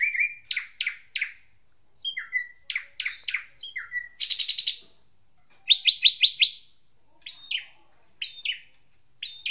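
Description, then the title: Drongo song of varied phrases: slurred downward whistles, sharp chips, a dense buzzy burst, then a rapid run of bright repeated notes and spaced squeaky calls. "Suara Srigunting. Hobiburung"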